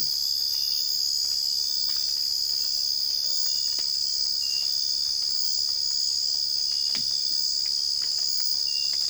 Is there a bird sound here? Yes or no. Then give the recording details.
no. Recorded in secondary vegetation near Puerto Asís, Putumayo, Colombia, on 20 December 2024 at 04:30. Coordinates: 0.484, -76.319. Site GP06